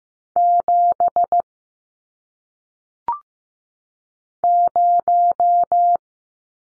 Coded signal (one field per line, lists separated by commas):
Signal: Morse code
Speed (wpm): 15 wpm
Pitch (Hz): 700 Hz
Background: none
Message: 7 0